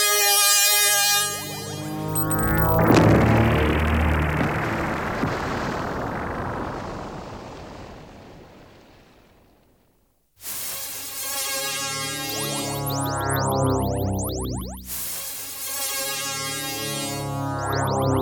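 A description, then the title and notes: Space battle effects: layered sweeping tones, a roaring blast near three seconds fading to silence by ten, then dense sweeps resume. Space Fantasy – Battle – Space Battle.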